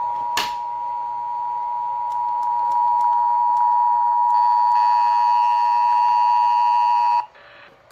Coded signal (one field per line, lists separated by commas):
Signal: Emergency Alert System (SAME) tones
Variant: 853 and 960 Hz attention tone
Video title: Testing With TTS... | EAS #361-364